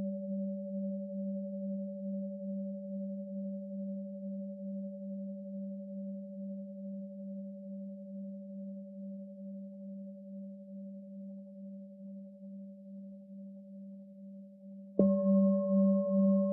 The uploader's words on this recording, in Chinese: 颂钵声音,穿透身心的SPA (100Hz-500Hz)。